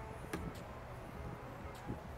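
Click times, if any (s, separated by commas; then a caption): 0.3 s. With a finger placed inside an O'2nails Digital Mobile Nail Art Printer (2021), the finger holder is pressed down against a low background hum. A short, sharp click sounds at 0.3 s as the holder seats into position, followed by a few faint, softer taps.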